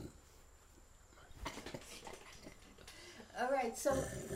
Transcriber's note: chuckles